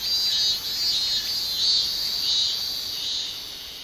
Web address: shamanippon-2012 a minminzemi